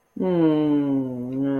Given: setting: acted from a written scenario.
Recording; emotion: vocal sound without words; shame